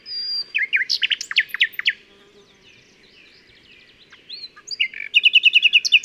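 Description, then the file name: Common nightingale song: rapid varied phrases of sharp notes, a quiet pause with soft whistles, then a fast repeated series of loud chirps at the end. "Luscinia megarhynchos"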